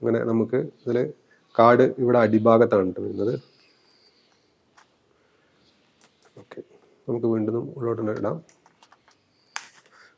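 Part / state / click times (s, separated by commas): SD memory card into camera card slot / seated / 9.6 s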